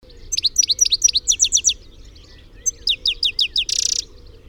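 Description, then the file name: European goldfinch calling in two rapid runs of liquid, high twittering notes, ending with a short harsh buzzy note, over faint low background noise. "Carduelis carduelis"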